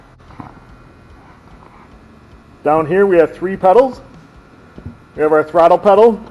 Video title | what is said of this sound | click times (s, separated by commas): Forklift operation (Diesel Technology) | to apply it you just have to pull it back you'll hear it lock in | 0.3 s, 0.4 s